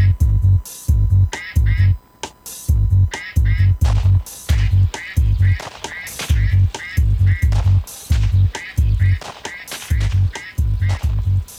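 Duck quacks repeat in quick rhythmic bursts over a steady, thumping low beat, loud and continuous throughout, with short pauses between the groups of quacks.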